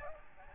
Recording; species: mosquito wingbeat signal from an infrared sensor; Aedes albopictus